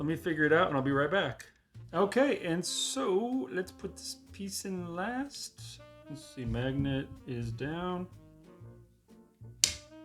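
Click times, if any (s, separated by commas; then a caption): 9.6 s. Someone talks while resetting a wooden Bad Moon puzzle box by Dedwood Crafts, putting the last piece in. At 9.6 s the final piece snaps into place against a magnet with a short, sharp click. The piece is seated.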